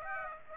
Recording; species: mosquito wingbeat signal from an infrared sensor; Aedes aegypti